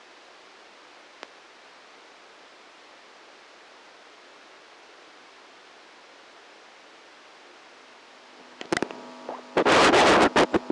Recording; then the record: brain microelectrode recording played as sound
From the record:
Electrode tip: outside the subthalamic nucleus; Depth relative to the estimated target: 4 mm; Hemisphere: right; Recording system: NeuroSet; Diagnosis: Parkinson's disease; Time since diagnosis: 13 years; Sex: male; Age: 66 years